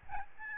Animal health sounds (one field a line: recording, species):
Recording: mosquito wingbeat signal from an infrared sensor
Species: Aedes albopictus